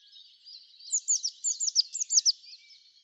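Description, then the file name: Eurasian blue tit giving a quick string of high, sharp down-slurred chips over a faint background twitter, lasting about one and a half seconds. "Cyanistes caeruleus"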